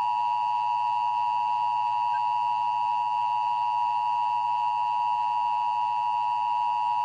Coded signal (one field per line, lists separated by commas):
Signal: Emergency Alert System (SAME) tones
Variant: 853 and 960 Hz attention tone